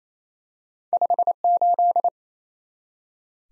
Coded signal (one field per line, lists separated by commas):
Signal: Morse code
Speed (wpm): 28 wpm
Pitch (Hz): 700 Hz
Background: none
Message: 58